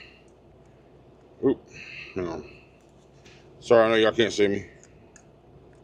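Someone talks while handling an extension attachment that adds length to a mount or holder, with a few faint taps near the end. Nothing has seated or clicked into place yet.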